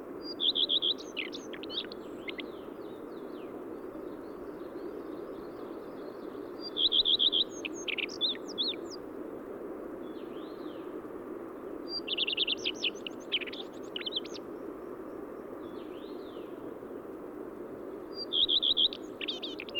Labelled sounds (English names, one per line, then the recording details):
Common Redstart song
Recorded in the wild
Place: Dzhalmyn, MN
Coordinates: 48.166, 107.736
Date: 1979-06-10 05:45
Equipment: Nagra III BH, Sennheiser MD 21, parabola
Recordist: Schubert, Michael